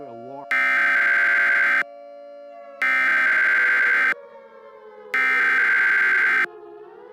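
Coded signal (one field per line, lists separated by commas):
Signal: Emergency Alert System (SAME) tones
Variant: header bursts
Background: speech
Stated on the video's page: Simulated alert scenario recreating the Hawaii ballistic missile false alarm.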